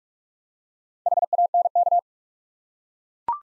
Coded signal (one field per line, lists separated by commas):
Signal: Morse code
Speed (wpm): 44 wpm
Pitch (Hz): 700 Hz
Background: none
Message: HANK